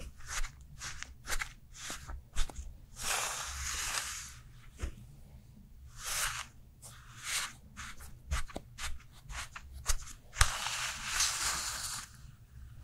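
Sounds from a Korean skincare routine: bursts of bright rubbing and crinkling come and go every second or two, mixed with sharp clicks and taps from handled containers. A steady low hum runs underneath the whole time.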